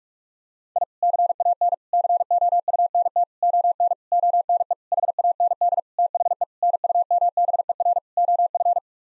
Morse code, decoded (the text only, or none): I CAN COUNT ON ONE HAND THE NUMBER OF